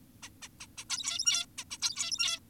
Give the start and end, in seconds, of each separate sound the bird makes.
0.23-0.30, 0.42-0.48, 0.60-0.67, 0.78-0.85, 0.90-1.46, 1.58-1.64, 1.71-1.78, 1.82-2.40